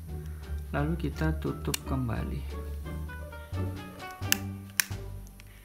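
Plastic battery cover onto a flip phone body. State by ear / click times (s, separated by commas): seated / 4.3 s, 4.8 s, 5.4 s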